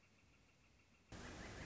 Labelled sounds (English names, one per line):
Northern Flicker